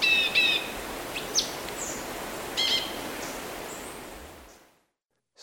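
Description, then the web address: Orange-bellied euphonia calling: a cluster of high, thin notes at the start, then a few isolated chips before the sound fades to silence. Ecuador. "Natures Songs S America Birds of Ecuador Orange-bellied Euphonia"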